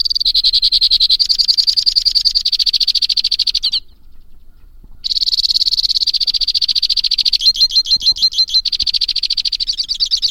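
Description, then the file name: White-winged crossbill singing long, rapid, chattering trills. The first runs about four seconds, then comes a brief gap, and the next slows into coarser, more separated notes. "suara kicauan burung white winged crossbill. omkicau"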